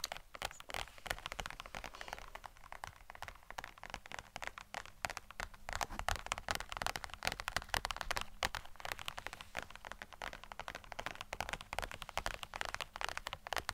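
ASMR tapping: dense, fast clicks and taps run without pause for the full fourteen seconds, crisp and bright with little low end. The rhythm is busy and irregular, like fingertips drumming quickly on a hard surface, with brief denser flurries throughout.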